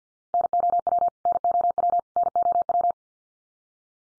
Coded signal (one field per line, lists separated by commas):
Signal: Morse code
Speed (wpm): 48 wpm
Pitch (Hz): 700 Hz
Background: none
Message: NOW NOW NOW